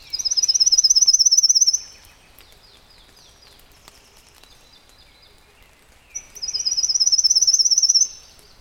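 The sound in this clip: Pale-legged leaf warbler, two rapid, high-pitched buzzy trills several seconds apart, each lasting under two seconds, with faint softer notes between.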